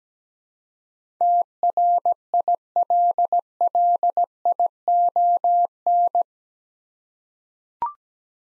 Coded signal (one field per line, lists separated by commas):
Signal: Morse code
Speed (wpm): 17 wpm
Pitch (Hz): 700 Hz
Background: none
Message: TRILLION